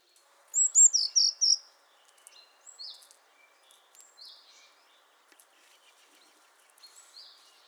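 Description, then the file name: Eurasian blue tit calls, four loud thin high notes in quick succession, followed by softer scattered high chips over the next few seconds. "Cyanistes caeruleus"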